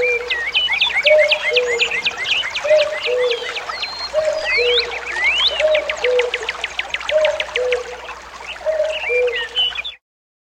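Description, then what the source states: Common cuckoo calling its two-note falling cuck-oo, repeated about every one and a half seconds, over a busy chorus of trilling and whistling songbirds. In a forest beside a stream.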